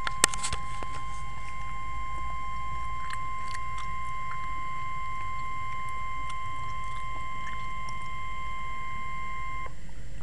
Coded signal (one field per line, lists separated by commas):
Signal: Emergency Alert System (SAME) tones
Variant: 1050 Hz attention tone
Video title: Severe Thunderstorm Warning (EAS #3)